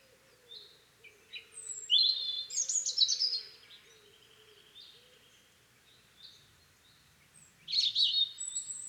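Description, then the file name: European robin singing varied high, sweet phrases with quick slurs and trills, a pause in the middle, then a fresh bright burst; a faint low wavering tone underneath. "Erithacus rubecula"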